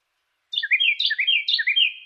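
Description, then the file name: Carolina wren song: one bright phrase repeated three times in quick, even succession. Song variation 3. "suara-kicauan-burung-carolina-wren-variasi-3-omkicau"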